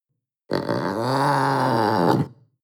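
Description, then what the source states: Panther snarl, one sustained low harsh growl with a rough rising-then-falling tone, lasting about two seconds before fading out. Young animal snarling.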